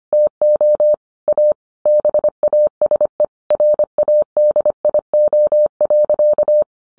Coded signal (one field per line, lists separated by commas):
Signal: Morse code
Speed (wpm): 25 wpm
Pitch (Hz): 600 Hz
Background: none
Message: TO A BASE RADIO.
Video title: 20230122 What is the difference between handheld, mobile and a base radio?